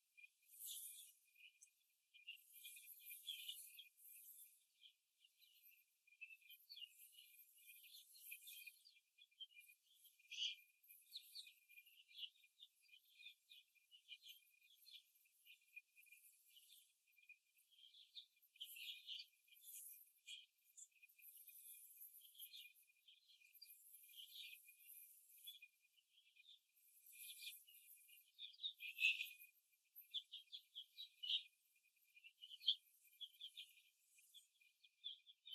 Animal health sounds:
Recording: young laying hens in a cage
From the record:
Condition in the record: after the stressor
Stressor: simulated dog barking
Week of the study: 2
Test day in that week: 2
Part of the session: 1

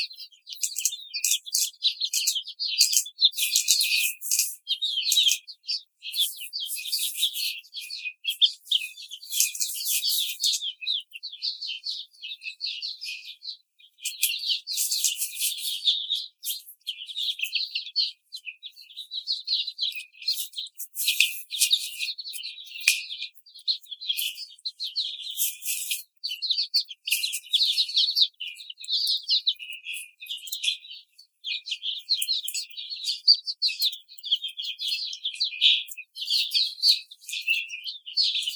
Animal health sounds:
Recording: young laying hens in a cage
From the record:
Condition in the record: treatment cage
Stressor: simulated dog barking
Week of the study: 5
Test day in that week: 1

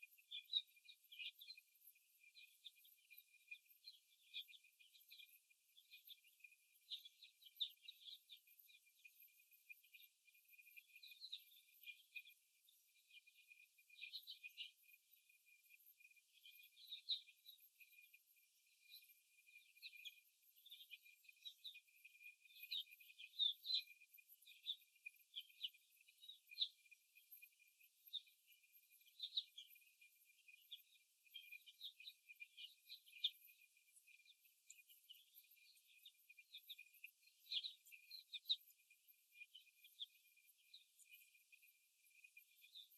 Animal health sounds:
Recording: young laying hens in a cage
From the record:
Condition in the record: before the stressor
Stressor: simulated dog barking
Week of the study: 1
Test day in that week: 2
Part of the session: 1

